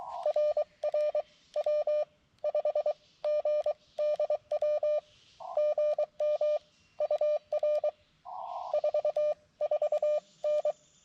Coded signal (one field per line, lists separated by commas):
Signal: Morse code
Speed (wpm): 23 wpm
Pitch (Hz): 600 Hz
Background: none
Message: RR W5GDW GM UR 44N